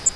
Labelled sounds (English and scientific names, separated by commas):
Grace's Warbler (Setophaga graciae) flight call